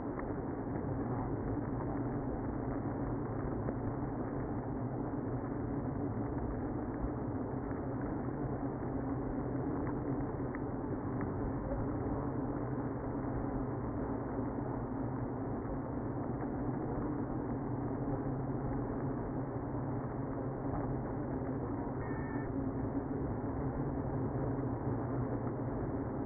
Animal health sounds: honeybee colony, microphone inside the hive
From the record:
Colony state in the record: queenless (queen removed); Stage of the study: after two queens were removed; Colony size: about 60,000 bees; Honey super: yes

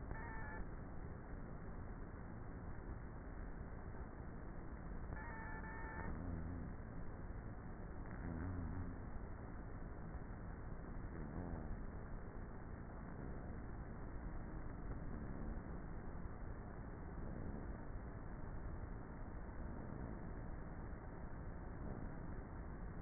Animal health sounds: honeybee colony, microphone inside the hive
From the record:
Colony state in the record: queenless with a low population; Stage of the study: before two queens were removed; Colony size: about 30,000 bees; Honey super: no

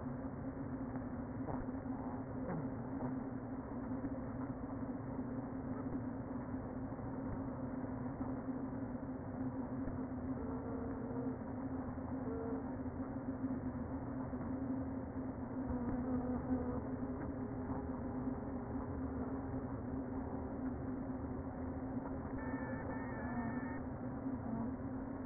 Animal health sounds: honeybee colony, microphone inside the hive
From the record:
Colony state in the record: queen present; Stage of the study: before two queens were removed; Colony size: about 60,000 bees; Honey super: yes

